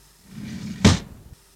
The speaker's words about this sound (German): Mach die Tür auf, bitte.